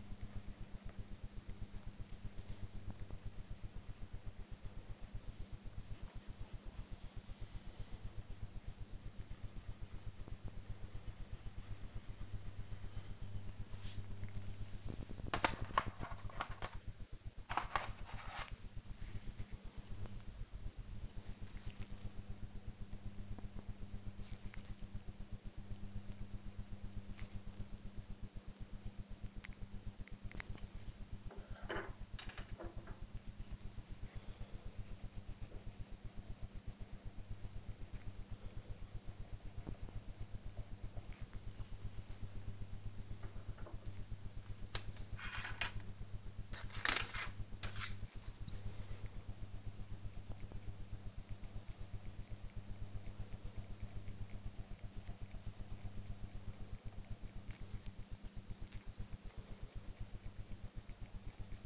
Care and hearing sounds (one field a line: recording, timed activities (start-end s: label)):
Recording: household activities, microphone on the right wrist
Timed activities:
0.00-61.66 s: drawing